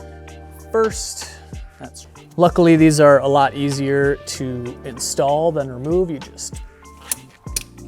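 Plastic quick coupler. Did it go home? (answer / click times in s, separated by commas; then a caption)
yes / 7.1 s, 7.6 s. Someone talks while pushing a charge pipe into its plastic quick-release coupler on a brand new Subaru WRX during reassembly. Two sharp clicks ring out at 7.1 s and 7.6 s as the coupler seats.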